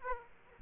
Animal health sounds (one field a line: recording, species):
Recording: mosquito wingbeat signal from an infrared sensor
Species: Aedes aegypti